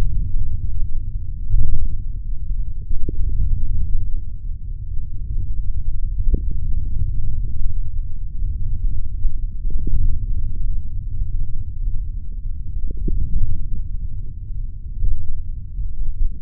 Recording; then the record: forearm muscle sounds (acoustic myography)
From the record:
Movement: hand opening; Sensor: system 3, bracelet of six PUI Audio POM-2738L microphones around the upper forearm, with dedicated amplification and filtering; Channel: 1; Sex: male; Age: 23 years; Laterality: right